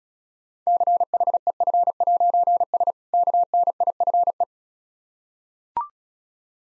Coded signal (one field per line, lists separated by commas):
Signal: Morse code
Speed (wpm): 36 wpm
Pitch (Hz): 700 Hz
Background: none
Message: CHEF'S KNIFE